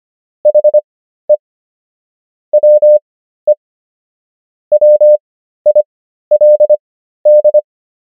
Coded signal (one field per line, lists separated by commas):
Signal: Morse code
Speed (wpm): 25 wpm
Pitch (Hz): 600 Hz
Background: none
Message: HE WE WILD